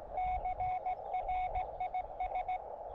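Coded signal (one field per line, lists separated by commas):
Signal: Morse code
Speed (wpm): 16 wpm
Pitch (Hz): 740 Hz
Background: radio noise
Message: CRIS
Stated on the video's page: Morse from summit activations of three peaks in the San Gabriel mountains.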